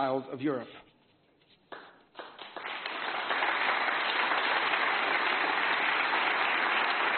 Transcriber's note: applause